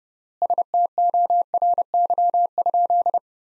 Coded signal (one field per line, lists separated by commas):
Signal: Morse code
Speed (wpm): 30 wpm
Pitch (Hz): 700 Hz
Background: none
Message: STORY?